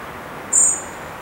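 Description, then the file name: Common blackbird uttering one high, thin note, brief and clean, against low continuous background noise. "Turdus merula"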